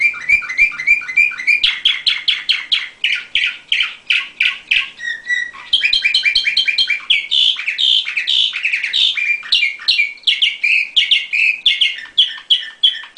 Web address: sounds canary canary-sound